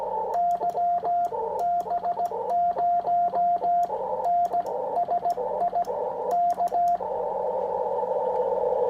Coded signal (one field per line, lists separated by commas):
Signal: Morse code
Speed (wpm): 16 wpm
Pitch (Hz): 700 Hz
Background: radio noise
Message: YB0NSI K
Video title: #HamRadio Live! Show 728. If you could only have ONE radio, what would it be? Dxpedition & Sp Evnts!